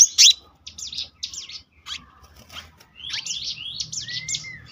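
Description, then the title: Selendang biru songbird with scattered buzzy chirps and short phrases, ending in a run of quick notes and a long rising whistle. Song style called gacor ngeroll, a continuous rolling song, with isian phrases. "BURUNG SELENDANG BIRU GACOR NGEROLL ISIAN"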